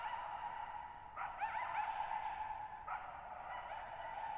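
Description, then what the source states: Coyote uttering two wavering bark-howls with quavering, yipping inflections, each ringing on in a long echo. Lone coyote at night, July 14, 2019, at Thirtymile Meadows, Okanogan National Forest, Okanogan High Country, Pacific Northwest, 6400 ft, in a bowl-shaped meadow over boggy ground.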